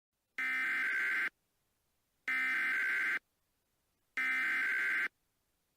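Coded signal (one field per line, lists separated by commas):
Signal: Emergency Alert System (SAME) tones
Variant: header bursts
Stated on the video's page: Mock (simulated) winter storm warning EAS alert for Michigan.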